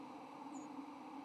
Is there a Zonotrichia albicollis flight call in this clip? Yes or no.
no